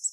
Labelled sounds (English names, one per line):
Grace's Warbler flight call